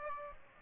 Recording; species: mosquito wingbeat signal from an infrared sensor; Aedes aegypti